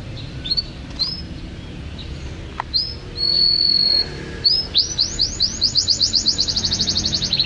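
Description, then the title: Canary song with short high chips, a sustained whistled note, then a fast series of rapidly repeated rising notes building into a rolling trill. "Kenari"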